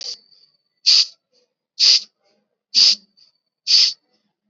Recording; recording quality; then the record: deep breathing; excellent, no background noise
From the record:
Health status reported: exposed to COVID-19, no respiratory illness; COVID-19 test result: negative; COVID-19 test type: RT-PCR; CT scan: taken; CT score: 15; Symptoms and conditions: breathing difficulty, fatigue, chronic lung disease, ischaemic heart disease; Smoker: no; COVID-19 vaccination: both doses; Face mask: worn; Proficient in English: yes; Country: India